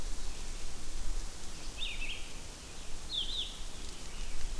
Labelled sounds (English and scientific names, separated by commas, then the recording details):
Red-eyed Vireo (Vireo olivaceus) song
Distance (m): 60 m
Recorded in boreal forest in Alberta, Canada, on 16 June 2016 at 08:34
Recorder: SongMeter 3, array SBT-3-32
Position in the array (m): 50 m, 13 m